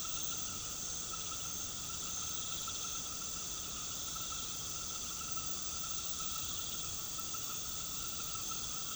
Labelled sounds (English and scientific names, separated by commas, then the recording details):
none
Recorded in pastures near Puerto Asís, Putumayo, Colombia, on 8 March 2025 at 20:00
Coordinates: 0.486, -76.323
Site G075